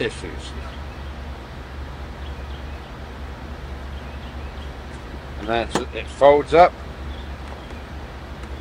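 A folding truck tool kit case is handled and folded up toward its locked position while someone talks over a low steady hum. A few short handling bursts come between 5.5 and 6.7 seconds, but nothing has clicked or locked into place yet.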